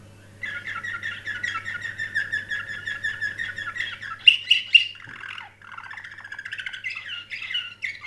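Canary song with a long rolling trill, then a burst of sharp repeated notes and further varied trills, over a low hum.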